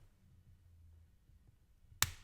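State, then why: Seated. A LEGO left arm assembly made of plastic bricks is pressed onto the model's body. After a near-silent stretch with only a faint low hum, one sharp, bright click sounds at 2.0 seconds and quickly fades. The arm seats in place.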